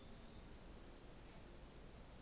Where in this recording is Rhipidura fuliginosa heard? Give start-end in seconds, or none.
0.21-2.22